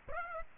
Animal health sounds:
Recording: mosquito wingbeat signal from an infrared sensor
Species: Aedes aegypti

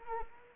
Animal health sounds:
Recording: mosquito wingbeat signal from an infrared sensor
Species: Anopheles arabiensis

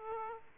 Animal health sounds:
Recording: mosquito wingbeat signal from an infrared sensor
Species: Aedes aegypti

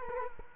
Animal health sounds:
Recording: mosquito wingbeat signal from an infrared sensor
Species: Culex quinquefasciatus

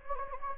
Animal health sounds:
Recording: mosquito wingbeat signal from an infrared sensor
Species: Anopheles gambiae

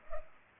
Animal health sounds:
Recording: mosquito wingbeat signal from an infrared sensor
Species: Culex pipiens

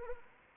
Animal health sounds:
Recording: mosquito wingbeat signal from an infrared sensor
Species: Anopheles arabiensis

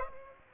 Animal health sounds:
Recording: mosquito wingbeat signal from an infrared sensor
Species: Aedes aegypti

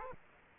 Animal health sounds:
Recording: mosquito wingbeat signal from an infrared sensor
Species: Aedes aegypti

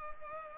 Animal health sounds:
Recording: mosquito wingbeat signal from an infrared sensor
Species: Culex pipiens

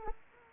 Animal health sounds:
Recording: mosquito wingbeat signal from an infrared sensor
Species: Anopheles arabiensis

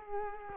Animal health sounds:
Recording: mosquito wingbeat signal from an infrared sensor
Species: Culex quinquefasciatus

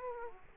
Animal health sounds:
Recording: mosquito wingbeat signal from an infrared sensor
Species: Aedes aegypti

